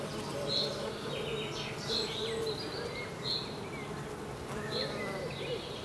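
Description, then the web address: Bees hum in an unbroken low buzz, with a few short high bird notes repeated above. "Soundscape Abeille"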